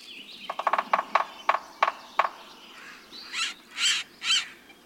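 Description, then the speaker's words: Sapsucker drilling: a run of sharp taps, quick at first then slowing and irregular, followed by three drawn-out nasal, cat-like squeals. Delicate woodpecker; drilling and cat-like squeal. "When you hear this drilling and cat-like squeal, look for a delicate woodpecker, a sapsucker."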